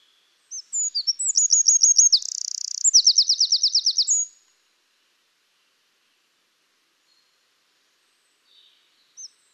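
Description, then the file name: Eurasian wren song: one loud high-pitched burst of tumbling notes, a buzzy section and a fast rattling trill, followed by near silence and a couple of brief notes. "Troglodytes troglodytes"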